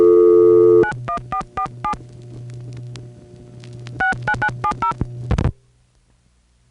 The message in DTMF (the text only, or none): 91447 69970